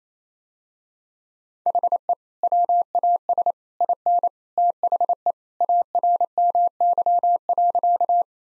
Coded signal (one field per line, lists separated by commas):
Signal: Morse code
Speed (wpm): 28 wpm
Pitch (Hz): 700 Hz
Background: none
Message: HE WAS IN THE ARMY.